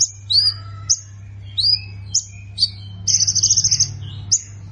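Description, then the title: Plain prinia with spaced, downward-swept chirps. A rapid buzzy burst of about eight notes follows, then one last chirp, all over a steady low hum. "Ciblek Sawah"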